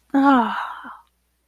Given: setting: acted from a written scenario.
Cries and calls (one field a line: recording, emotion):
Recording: vocal sound without words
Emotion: ecstasy